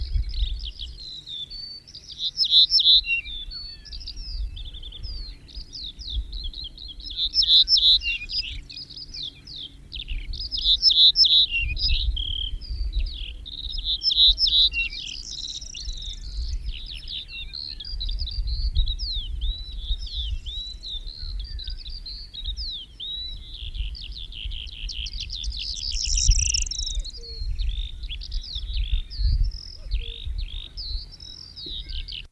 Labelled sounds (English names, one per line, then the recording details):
Ortolan Bunting song
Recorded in the wild
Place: Svoboda, Plodiv, BG
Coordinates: 42.395, 24.337
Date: 1974-05-28 05:36
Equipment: Nagra III BH, Sennheiser MD 21, parabola
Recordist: Schubert, Michael